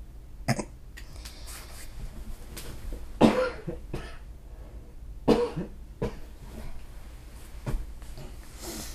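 Several short, sharp adult coughs and throat clearing, spaced irregularly a couple of seconds apart, in a quiet room, a renewed bout of coughing.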